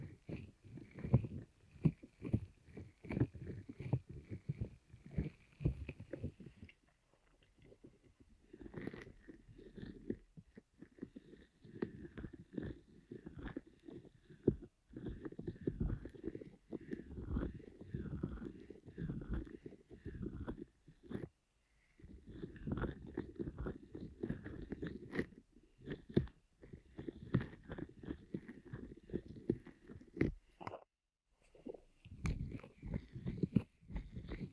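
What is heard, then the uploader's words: Ear massage with a pineapple: dense bursts of low rubbing, scraping and crackling from the rough skin, worked in long stretches with short silent pauses near 7, 21 and 31 seconds. Faint wavering squeaks sit above the rubbing, and a few sharp clicks stand out. Ear Massage with Pineapple (No Talking).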